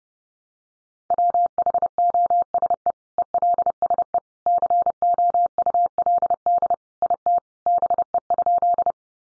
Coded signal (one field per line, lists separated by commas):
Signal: Morse code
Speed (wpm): 30 wpm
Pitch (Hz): 700 Hz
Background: none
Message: WHOSE ELSE COULD IT BE?